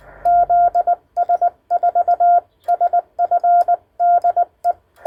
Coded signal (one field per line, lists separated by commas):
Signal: Morse code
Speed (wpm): 20 wpm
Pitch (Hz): 700 Hz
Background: none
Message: ZS4SF DE